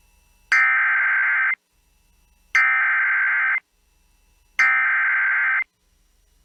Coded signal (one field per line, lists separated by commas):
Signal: Emergency Alert System (SAME) tones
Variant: header bursts